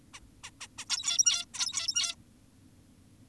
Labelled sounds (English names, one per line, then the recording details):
Zebra Finch
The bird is an adult
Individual g17y2U